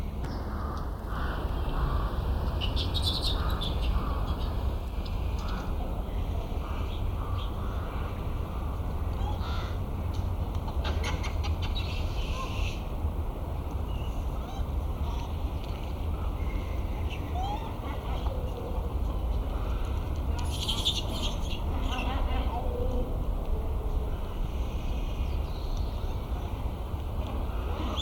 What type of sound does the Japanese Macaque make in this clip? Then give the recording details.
call. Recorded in captivity. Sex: diverse. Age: diverse. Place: Zoo Berlin, Berlin, DE. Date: 1996-01-06 12:52. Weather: bedeckt, -4°C. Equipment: Sony WM-D6C, Sennheiser ME 80, Kopie Uher 4000 Report Monitor. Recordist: Tembrock, Günter